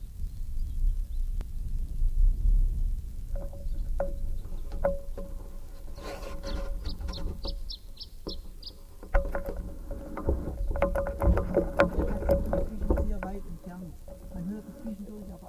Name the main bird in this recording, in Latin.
Phylloscopus canariensis